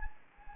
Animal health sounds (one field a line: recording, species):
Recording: mosquito wingbeat signal from an infrared sensor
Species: Anopheles gambiae